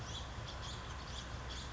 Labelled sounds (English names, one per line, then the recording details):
House Finch
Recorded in Sonoma County, California